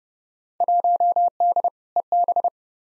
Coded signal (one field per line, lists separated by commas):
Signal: Morse code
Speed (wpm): 30 wpm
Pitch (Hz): 700 Hz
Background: none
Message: 1D EB